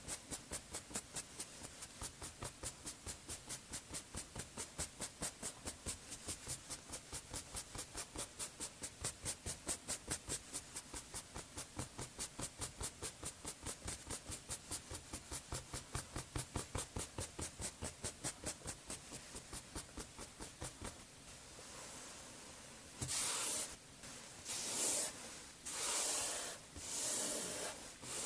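Fast, regular bursts of soft hissing run for about twenty seconds, then slow into a few long whooshing sprays near the end.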